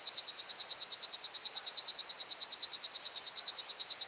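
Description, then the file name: River warbler song, a high, grating, evenly pulsed buzz repeated rapidly and without break throughout. "sverchok rechnojj"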